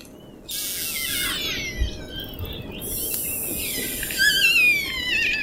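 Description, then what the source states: Orca whistles and squeals in wavering, sliding tones, coming in two bouts over a broad hiss. Orcas playing with each other; played back.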